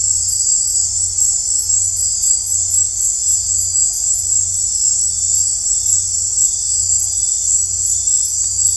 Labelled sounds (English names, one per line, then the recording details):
none
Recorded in dense forest near Puerto Asís, Putumayo, Colombia, on 15 December 2024 at 02:00
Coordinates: 0.503, -76.323
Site G043